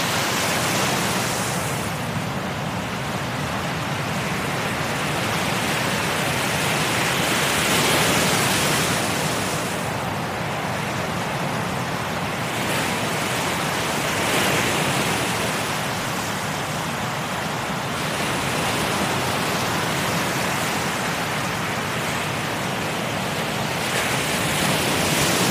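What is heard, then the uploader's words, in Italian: Waves wash onto a beach in a steady, dense roar, swelling slightly every few seconds, with bright hiss over a soft low rumble. Onde rilassanti che si infrangono sulla spiaggia alle Hawaii. Le onde che si infrangono sulla costa nord delle Hawaii.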